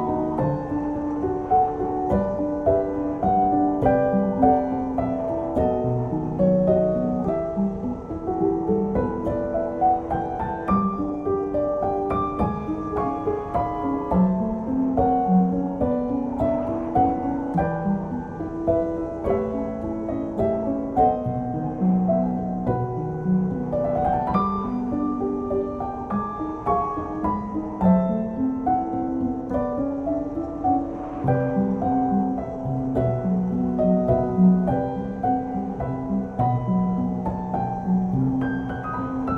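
Soft, slow music of sustained overlapping notes plays steadily throughout, over a low, constant rushing wash of blizzard wind that never swells or drops.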